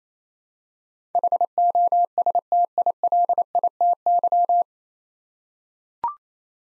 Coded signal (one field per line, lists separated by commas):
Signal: Morse code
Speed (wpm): 27 wpm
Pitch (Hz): 700 Hz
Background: none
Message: HOSTILITY